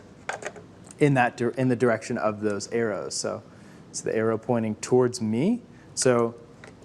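A Tilta camera cage for a Pocket Cinema 4K camera is handled and lined up with its base mount plate in the direction of the arrows, while someone talks. A few light handling taps are heard near 0.3, 0.5 and 6.6 seconds. Nothing has seated or locked yet.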